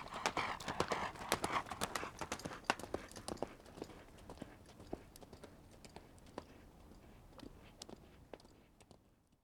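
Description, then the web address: Horse cantering: rhythmic thudding hoofbeats, about two per second, loud at first and fading away as the horse passes. A horse cantering past on dirt. "horse canter by on dirt"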